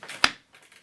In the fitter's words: the battery like that and then push until it clicks into position at the top